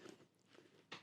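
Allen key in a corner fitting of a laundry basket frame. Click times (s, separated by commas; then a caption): 0.9 s. The included allen key tool is pushed into one of the four corner holes on the plastic frame of a Joseph Joseph Tota 60 liter laundry basket. Faint crunchy rustling gives way to a sharp click at 0.9 s as the key seats firmly in the corner fitting.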